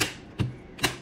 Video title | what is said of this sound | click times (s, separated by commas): Vacuum Sealer with Roll Demo | press करते हुए आप लेफ्ट राइट में थोड़ा प्रेशर देंगे ए आपको क्लिक की आवाज सुनाई देगी कुछ इस तर | 0.0 s, 0.9 s